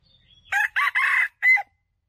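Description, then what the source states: Red junglefowl crowing: a short four-part crow with harsh broken syllables, a longer third note and a clipped final note, after a faint high whistle. Wild male junglefowl crowing.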